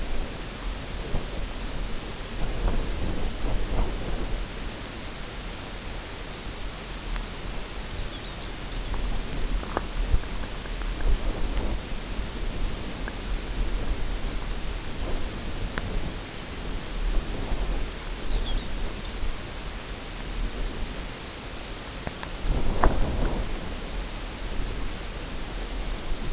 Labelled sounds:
Lapland Longspur
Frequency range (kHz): Lapland Longspur 2.9-6.1 kHz
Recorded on Arctic tundra, site UTQI-0, on 14 June 2019
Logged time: 16:00

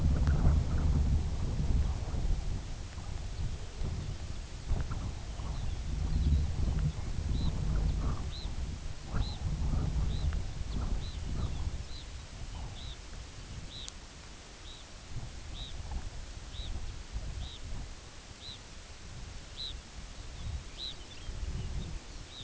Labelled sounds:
unidentified sound
Red Phalarope
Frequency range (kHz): Red Phalarope 2.2-5.1 kHz
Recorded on Arctic tundra, site UTQI-2, on 15 June 2019
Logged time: 02:00

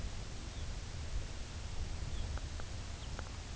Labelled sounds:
Lapland Longspur
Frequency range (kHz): Lapland Longspur 2.4-4.2 kHz
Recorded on Arctic tundra, site UTQI-2, on 15 June 2019
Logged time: 22:00

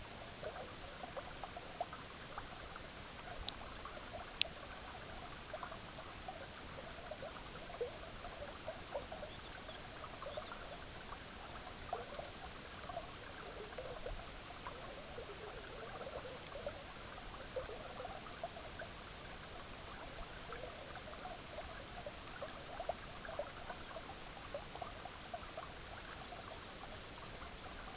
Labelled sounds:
Lapland Longspur
unidentified sound
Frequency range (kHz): Lapland Longspur 2.7-5.3 kHz
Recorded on Arctic tundra, site EABA-MC, on 18 June 2019
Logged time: 10:00

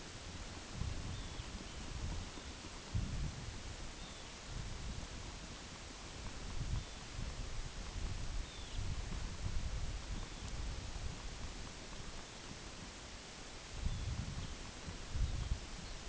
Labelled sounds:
Arctic Tern
unidentified sound
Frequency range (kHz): Arctic Tern 2.1-4.5 kHz
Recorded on Arctic tundra, site UTQI-8, on 8 June 2019
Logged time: 02:00

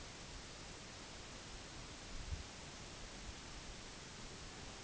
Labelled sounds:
none
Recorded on Arctic tundra, site NAIT-1, on 2 July 2019
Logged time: 18:00

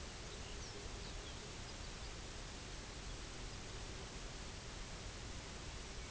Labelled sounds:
Pectoral Sandpiper
unidentified sound
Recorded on Arctic tundra, site UTQI-0, on 16 June 2019
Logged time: 12:00

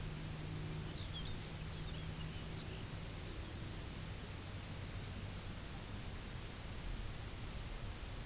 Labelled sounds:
Lapland Longspur
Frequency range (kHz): Lapland Longspur 1.9-6.3 kHz
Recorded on Arctic tundra, site UTQI-0, on 11 June 2019
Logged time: 04:00

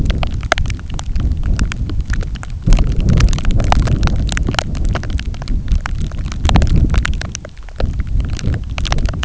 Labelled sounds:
none
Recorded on Arctic tundra, site NAIT-1, on 27 June 2019
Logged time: 00:00

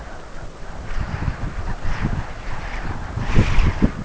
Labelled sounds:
none
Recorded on Arctic tundra, site UTQI-5, on 12 June 2019
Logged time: 08:00

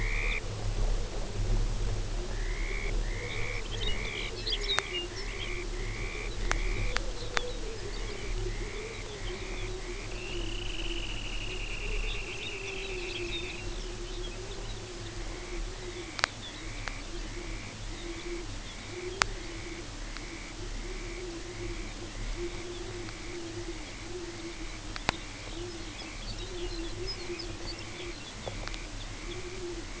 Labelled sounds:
Dunlin
unidentified sound
Lapland Longspur
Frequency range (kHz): Lapland Longspur 2.4-7.0 kHz
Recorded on Arctic tundra, site UTQI-5, on 19 June 2018
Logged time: 22:00

